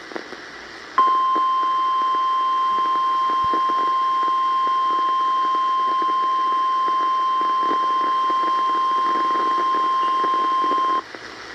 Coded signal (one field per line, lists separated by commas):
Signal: Emergency Alert System (SAME) tones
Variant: 1050 Hz attention tone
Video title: [EAS #203] Severe Thunderstorm Warning